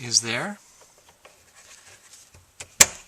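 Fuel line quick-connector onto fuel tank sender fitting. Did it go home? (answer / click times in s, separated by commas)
yes / 2.8 s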